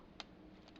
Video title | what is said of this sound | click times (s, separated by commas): DOTM Target Exclusive Human Alliance Leadfoot Review | you're you have to pull them out until you hear like a light Peg or light uh snap | 0.2 s